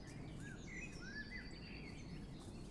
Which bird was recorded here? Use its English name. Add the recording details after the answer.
Eurasian Blue Tit. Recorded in Germany. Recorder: ecoPi